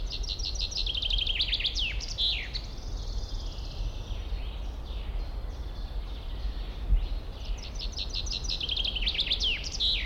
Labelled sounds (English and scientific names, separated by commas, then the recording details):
Common Chaffinch (Fringilla coelebs)
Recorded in the wild
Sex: male
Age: adult
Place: Mühlenbecker Wald, Brandenburg, DE
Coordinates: 52.689, 13.356
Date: 1993-05-08 12:39
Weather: sonnig, ca. 23 °C
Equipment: Marantz CP 430, Sennheiser ME 80, Kopie Uher Variocord 263
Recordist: Tembrock, Günter
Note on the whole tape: Gesang, 3 Strophentypen